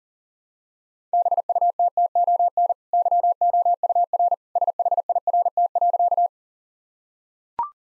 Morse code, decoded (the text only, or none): BUTTON YOUR SHIRT.